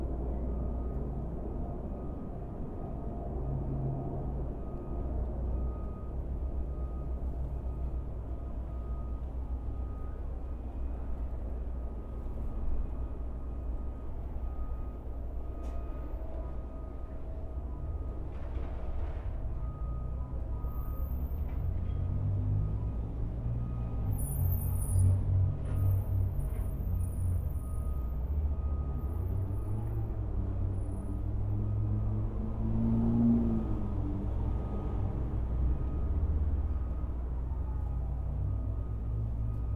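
Steady traffic and machinery rumble fills the background, low and continuous, with a faint steady tone running throughout. Brief high chirps, likely birds, appear around 15 seconds and again between 21 and 31 seconds, and the rumble swells slightly after the midpoint.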